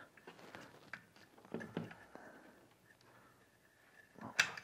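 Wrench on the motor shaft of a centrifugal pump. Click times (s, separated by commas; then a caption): 4.4 s. A hand twists the impeller of a Skidmore centrifugal pump until the open-end wrench behind it, on the motor shaft flats, catches. Scattered light knocks and scrapes lead up to a loud clunk at 4.4 s as the wrench locks onto the motor shaft and seats in place.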